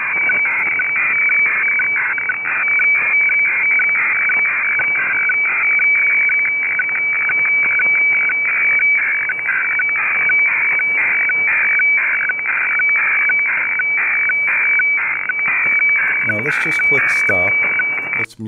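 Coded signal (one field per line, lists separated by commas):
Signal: weather fax (radiofax)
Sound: continuous rasping warble between tones, rhythmic ticking about twice a second, steady whistle streaks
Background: radio static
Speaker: alright here's here's New Orleans just click it in the past you have to subtract 1.9 you no longer have to do that and just launch the decoder and click start and you should be right off to the races now let's just make sure we have the right output virtual audio cable what's unmuted now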